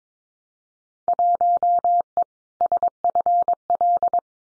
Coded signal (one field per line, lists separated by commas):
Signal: Morse code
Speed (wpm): 22 wpm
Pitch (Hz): 700 Hz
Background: none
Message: 1E SFL